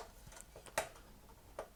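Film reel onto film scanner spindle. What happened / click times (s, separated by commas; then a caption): The plastic reel snapped onto the spindle but is not fully seated / 0.8 s. A plastic film reel is pushed onto the reel spindle of a Magnasonic FS81 Super 8/8mm film scanner, with faint ticks around it and a sharp snap at 0.8 s, followed by a softer click at 1.6 s. The reel snaps on but is only partly seated: it is not sitting on the spindle well, though it does not come off easily.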